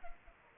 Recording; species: mosquito wingbeat signal from an infrared sensor; Culex pipiens